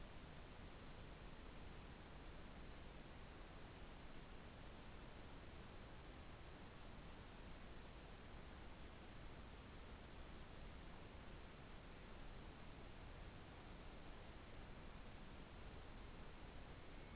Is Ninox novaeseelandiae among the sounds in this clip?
no